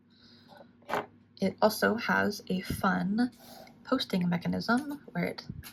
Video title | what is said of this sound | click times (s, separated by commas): Fountain Pen Collection - Kaweco, Lamy, Pilot, Penlux | It also has a fun posting mechanism where it clicks into place on the back. | 0.9 s